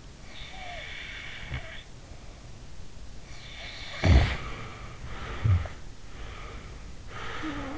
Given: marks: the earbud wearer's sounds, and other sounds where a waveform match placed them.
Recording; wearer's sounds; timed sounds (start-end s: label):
sounds in sleep by an in-ear microphone; snoring breath, breath
0.21-2.74 s: snoring breath
3.33-5.81 s: snoring breath
6.01-7.78 s: breath